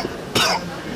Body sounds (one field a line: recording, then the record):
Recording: coughing mixed with background sound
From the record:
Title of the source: Coughing 60